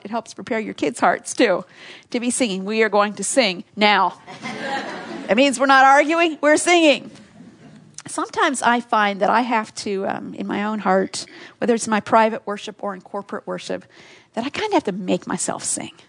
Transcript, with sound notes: it helps prepare your kids’ hearts, too, to be singing. “We are going to sing—NOW! (laughter) It means we’re not arguing, we’re singing!” Sometimes I find that I have to, in my own heart—whether it’s in my private worship or in corporate worship—I kind of have to make myself sing.